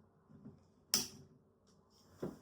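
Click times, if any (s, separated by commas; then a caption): 0.9 s. While packing up a Caydo electric yarn swift winder, a detachable part is pushed into its socket on the winder body until it clicks into place. A sharp, bright click lands at 0.9 s, followed by a fainter knock at about 2.2 s. The part is seated.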